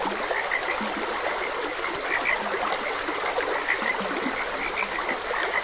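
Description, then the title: Frogs croaking in short low notes, with faint brighter chirps repeating over steady loud rushing stream water that fills the whole recording. Frogs croaking beside a gentle stream. "Gentle Stream and Frogs Croaking"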